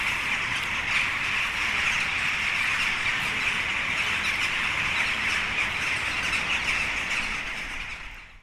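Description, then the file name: Western jackdaws in a large flock, many short harsh calls overlapping into a steady churning chatter that fades out at the end. Several jackdaws recorded in Linköping, Sweden, dated 06-12-06. "06-12-06-Linkoping Jackdaws"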